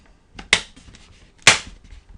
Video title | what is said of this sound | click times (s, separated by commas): Replacing a hard drive in a netbook part2 { notebook-netbook-laptop } | and just put pop that back in | 0.5 s, 1.5 s